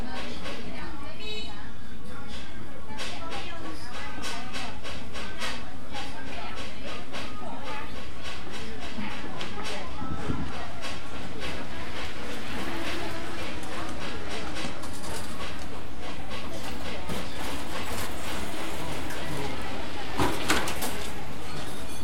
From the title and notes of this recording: Caiyi Street is a very unique old street in the Yanzhou old district. The east side of the street meets Guan Street from the Song Dynasty and the west meets the Siwang Pavilion from the Ming Dynasty.